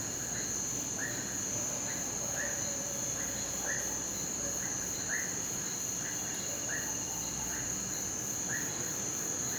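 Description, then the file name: Toad calls as brief croaks repeated at a steady rate, set against a constant shrill insect drone. Toads at night in a rural setting, close then far off, with a chorus of crickets and cicadas; recorded in XY stereo. "Sapos perto depois longe ambiente rural a noite gravacao em xy coro de grilos e cigarras, cachorro longe"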